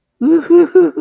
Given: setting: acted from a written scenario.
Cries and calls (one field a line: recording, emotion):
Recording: vocal sound without words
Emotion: elation